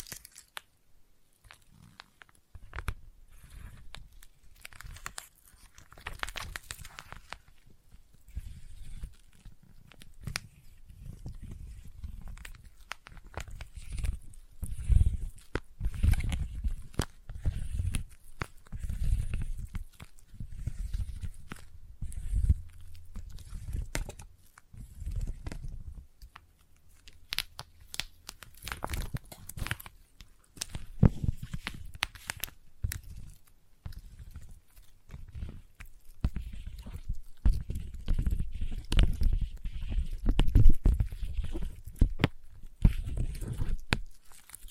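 Sticky tapping and sticky triggers run in dense, uneven bursts of short taps and tacky peeling sounds, with fuller low thumps underneath. Sharp clicks cut through frequently. Activity picks up around the middle and again near forty seconds, never settling into a steady rhythm.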